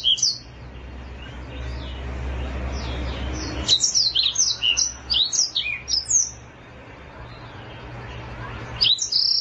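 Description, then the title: Oriental magpie-robin song: a brief phrase, then a pause, then a lively run of varied whistled chirps and slurred notes for about three seconds, ending with another short burst; low hum underneath. "Kicau Kacer"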